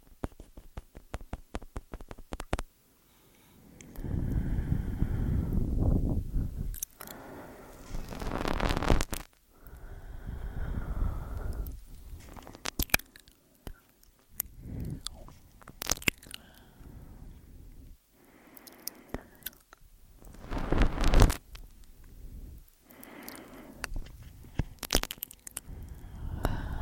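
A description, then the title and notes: Ear eating sounds: wet, squishy mouth noises in irregular bursts, each lasting a second or two, with short quiet gaps between. The clip opens with a run of rapid clicks, then chewing-like crunches and soft scrapes recur unevenly throughout, some fuller and lower, others sharper. Simple Ear Eating, Complex Tingels ~ ASMR TASCAM.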